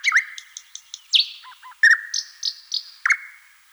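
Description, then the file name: Thrush nightingale singing: sustained whistled tones with sharp interjected clicks, a pair of low knocking notes, and several repeated high piping notes. "solovey obyknovennyy golos"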